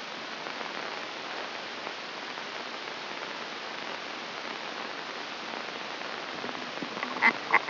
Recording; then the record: brain microelectrode recording played as sound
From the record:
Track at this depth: inside the subthalamic nucleus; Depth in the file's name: 2.149 mm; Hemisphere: right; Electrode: 2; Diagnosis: Parkinson's disease